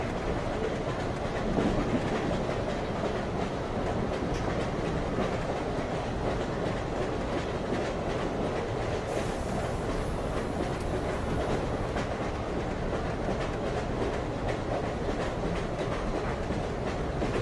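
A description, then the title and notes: A train rumbles steadily through the whole stretch, a dense, deep roar with a rough low-end growl. Faint repeated clicks and rattles ride on top, like wheels over track joints, and a thin high whine appears from about nine seconds on. Train Rumble - Frankfurt, Germany.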